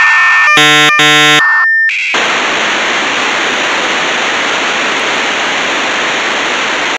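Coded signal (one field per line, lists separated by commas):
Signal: dial-up modem handshake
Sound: warbling data tones, two harsh buzzy bursts, a steady whistle, then loud continuous hiss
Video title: ReSynthDef #1: dialup modem synthesis (SuperCollider)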